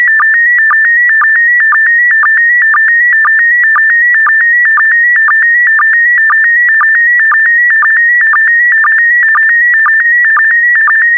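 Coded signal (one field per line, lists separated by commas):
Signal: SSTV (slow-scan television)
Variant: PD120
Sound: steady warbling tone near 1.8-2 kHz with short low chirps twice per second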